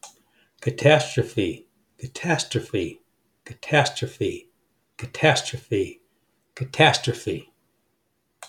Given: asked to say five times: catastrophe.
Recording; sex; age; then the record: repeated word; male; 70 to 79 years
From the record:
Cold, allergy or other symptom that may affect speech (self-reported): no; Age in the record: 70 years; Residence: Florida, United States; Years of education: 18